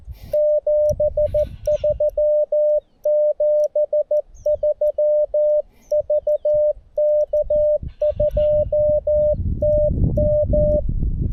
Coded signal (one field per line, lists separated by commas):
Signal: Morse code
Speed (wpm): 14 wpm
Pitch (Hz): 600 Hz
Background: none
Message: 73 73 VK2TM